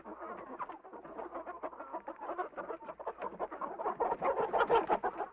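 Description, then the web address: Goose: geese giving a constant stream of clipped nasal honks, many birds overlapping, growing slightly louder toward the end. "KMP Film Video Sound Effects. Gooze"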